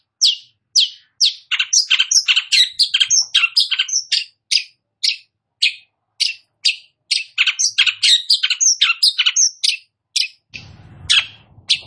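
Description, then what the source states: Long-tailed shrike song: rapid stream of sharp, varied chirps and squeaky notes, almost continuous, with a low rumble near the end. Called cendet; described as gacor, singing actively.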